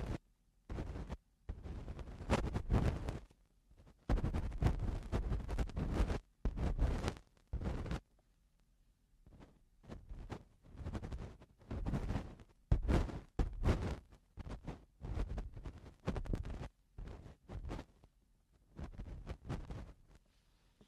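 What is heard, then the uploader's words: Eardrum cleaning sounds: bursts of low rumbling and scraping, each lasting from a fraction of a second to about two seconds, separated by short near-silent gaps. The bursts come irregularly throughout, heavy in the low end with a rough, crackling texture reaching higher. Eardrum Cleaning (No Talking).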